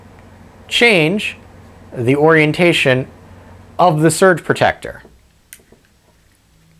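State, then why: Not seated. Someone talks while pressing the release button and rotating the plastic swivel wall plug of a Belkin SurgePlus USB Swivel portable surge protector toward a new locking position on its housing. After the talking stops, a brief sharp tap comes at 5.5 s, followed by faint handling. Nothing has seated or clicked into place yet.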